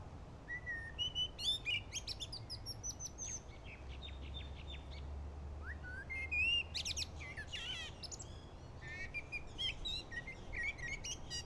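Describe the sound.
Bird song full of rapid high chirps, trills and clear whistled phrases, delivered in lively bursts over a low background rumble.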